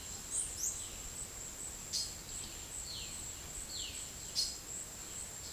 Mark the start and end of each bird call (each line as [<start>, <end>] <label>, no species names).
[0.26, 0.77] bird call
[2.80, 3.17] bird call
[3.69, 4.14] bird call